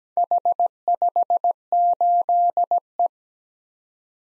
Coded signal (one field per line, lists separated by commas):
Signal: Morse code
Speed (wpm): 17 wpm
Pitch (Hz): 700 Hz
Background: none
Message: H58E